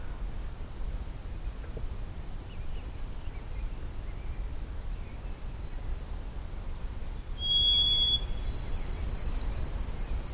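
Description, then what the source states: White-throated Sparrow song: a pure whistled note, then a longer, higher held whistle, over a quiet background with faint calls of other birds. Singing with long pauses between songs, perched atop a black spruce near the trail in the sun, on a morning hike in a nature preserve.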